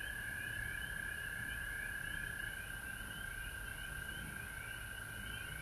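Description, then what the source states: Frog chorus of continuous high pulsed calls, one clear steady tone with wavering chirps above it, heard without pause over faint low rumble. Frogs recorded at home in Georgia on March 19, 2020.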